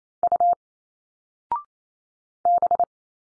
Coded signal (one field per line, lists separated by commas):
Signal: Morse code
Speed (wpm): 28 wpm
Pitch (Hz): 700 Hz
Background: none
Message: U B